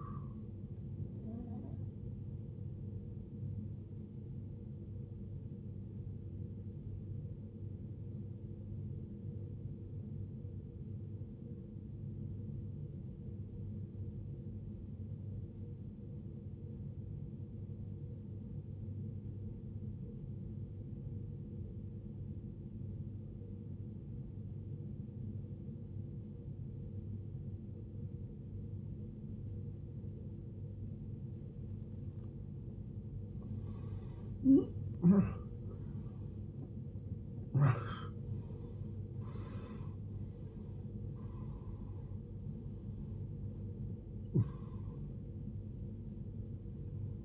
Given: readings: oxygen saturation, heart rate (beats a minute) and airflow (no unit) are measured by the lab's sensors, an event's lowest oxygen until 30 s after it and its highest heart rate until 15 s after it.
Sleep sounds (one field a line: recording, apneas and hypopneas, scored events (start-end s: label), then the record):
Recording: breathing in sleep by a smartphone at the bedside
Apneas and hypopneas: 1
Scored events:
10.00-40.00 s: new sleep stage, N2 (light sleep)
12.00-31.90 s: obstructive apnea (N2, oxygen 93% highest, then 79% lowest, heart rate 55 at the start, 81 highest)
40.00-47.25 s: new sleep stage, N1 (lightest sleep)
From the record:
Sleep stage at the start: N1 (lightest sleep)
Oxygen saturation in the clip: 81 to 93%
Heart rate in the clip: 55 to 81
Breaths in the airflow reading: 5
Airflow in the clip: -19.5 to 17.4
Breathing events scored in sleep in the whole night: 389 in 6.3 hours asleep